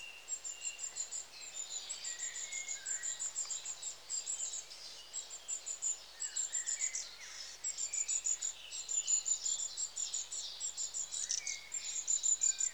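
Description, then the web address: Long-tailed tits giving thin, very high see-see-see calls in short rapid runs of notes, mixed with softer, lower buzzy sputtering calls. "BBC Sound Effects Library. Long Tailed TIT (Aegithalos Cauda"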